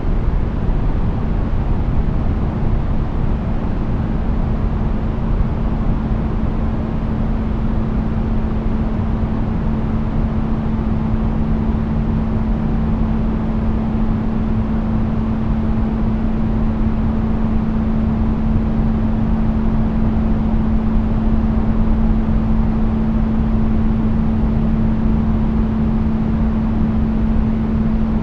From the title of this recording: Brown Noise: Street Noise